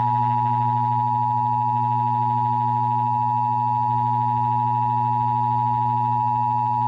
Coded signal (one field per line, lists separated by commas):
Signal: Emergency Alert System (SAME) tones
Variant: 853 and 960 Hz attention tone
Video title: 2017 Nationwide EAS Test